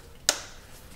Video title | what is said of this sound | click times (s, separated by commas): Ignition Coil Replacement - Dodge Neon | install them here I want to make sure I hear a good audible click and feel it. That way I know that | 0.3 s